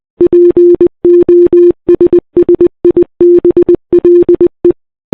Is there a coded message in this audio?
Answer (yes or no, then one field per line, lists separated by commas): yes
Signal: Morse code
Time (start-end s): 0.2-4.7 s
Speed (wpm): 26 wpm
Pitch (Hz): 340 Hz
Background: none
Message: POSSIBLE